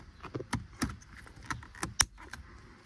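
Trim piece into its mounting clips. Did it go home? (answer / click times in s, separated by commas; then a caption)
yes / 2.0 s. A trim piece being refitted is pressed into its mounting clips, with a series of light clicks and rattles from handling. One loud, sharp snap at 2.0 s marks the trim piece seating in place.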